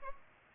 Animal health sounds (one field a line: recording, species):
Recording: mosquito wingbeat signal from an infrared sensor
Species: Culex pipiens